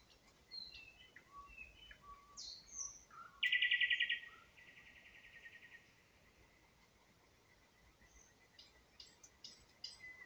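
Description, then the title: Nightingale song: scattered whistled notes, then a loud rapid rattling trill that fades into a softer trill, with high clicks near the end. Singing in spring near Huncha, Vinnytsia Oblast, Ukraine. "Unnamed Road, Гунча, Вінницька область, Україна, 23724-Spring, nightingale singing"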